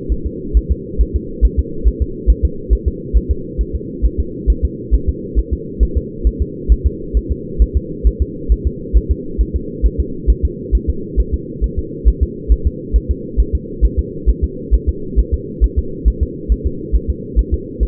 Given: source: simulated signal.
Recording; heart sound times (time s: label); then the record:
fetal heart sounds
0.12 s: S1
0.26 s: S2
0.57 s: S1
0.72 s: S2
1.01 s: S1
1.16 s: S2
1.45 s: S1
1.59 s: S2
1.88 s: S1
2.02 s: S2
2.30 s: S1
2.45 s: S2
2.73 s: S1
2.88 s: S2
3.17 s: S1
3.31 s: S2
3.61 s: S1
3.75 s: S2
4.05 s: S1
4.20 s: S2
4.50 s: S1
4.65 s: S2
4.95 s: S1
5.09 s: S2
5.39 s: S1
5.53 s: S2
5.83 s: S1
5.97 s: S2
6.27 s: S1
6.42 s: S2
6.72 s: S1
6.86 s: S2
7.17 s: S1
7.31 s: S2
7.62 s: S1
7.77 s: S2
8.07 s: S1
8.22 s: S2
8.52 s: S1
8.67 s: S2
8.97 s: S1
9.11 s: S2
9.41 s: S1
9.56 s: S2
9.86 s: S1
10.00 s: S2
10.30 s: S1
10.45 s: S2
10.75 s: S1
10.90 s: S2
11.20 s: S1
11.34 s: S2
11.64 s: S1
11.79 s: S2
12.08 s: S1
12.23 s: S2
12.52 s: S1
12.67 s: S2
12.96 s: S1
13.11 s: S2
13.40 s: S1
13.55 s: S2
13.85 s: S1
13.99 s: S2
14.29 s: S1
14.44 s: S2
14.74 s: S1
14.89 s: S2
15.19 s: S1
15.34 s: S2
15.64 s: S1
15.79 s: S2
16.08 s: S1
16.23 s: S2
16.52 s: S1
16.66 s: S2
16.96 s: S1
17.10 s: S2
17.39 s: S1
17.54 s: S2
17.83 s: S1
From the record:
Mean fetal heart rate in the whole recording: 135 bpm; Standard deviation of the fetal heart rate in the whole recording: 3 bpm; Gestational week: 34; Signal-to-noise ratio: -4.3 dB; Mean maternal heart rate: 72 bpm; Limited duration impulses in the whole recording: absent